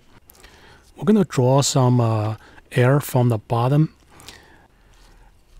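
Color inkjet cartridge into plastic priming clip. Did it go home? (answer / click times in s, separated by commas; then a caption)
yes / 0.3 s. A freshly refilled Canon CL-276 (or CL-276XL) color inkjet cartridge, centered in a plastic priming clip, is pushed down and forward until it snaps into place with a sharp click at 0.3 s. The cartridge is seated, and afterward someone talks.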